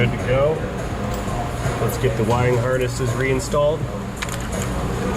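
An engine wiring harness connector is handled and brought toward its engine component during reassembly, while someone talks over a steady low background hum. A brief sharp sound occurs at about 4.2 s, but nothing has seated or clicked yet.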